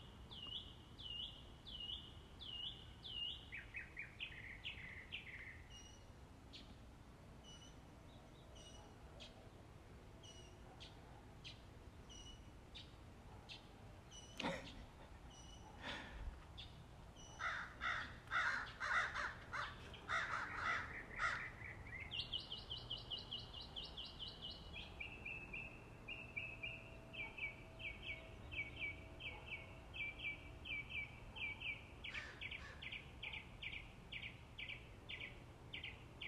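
Birds sing continuously in rapid, high-pitched chirping runs, with trilled phrases that step up and down in pitch. Around the middle the calls grow louder and denser, with a few sharp clicks near fifteen seconds, over a steady low rumble.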